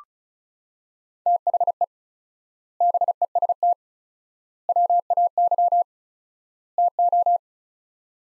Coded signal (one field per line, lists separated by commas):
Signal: Morse code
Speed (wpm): 36 wpm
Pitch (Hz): 700 Hz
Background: none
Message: THE BEST WAY TO